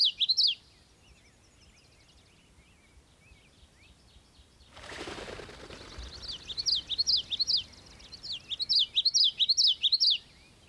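Bird song with a brief phrase of looping whistles, a soft burst of rushing noise, then repeated lively swooping whistled phrases.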